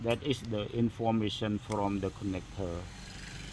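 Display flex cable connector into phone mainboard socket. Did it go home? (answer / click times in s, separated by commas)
no / none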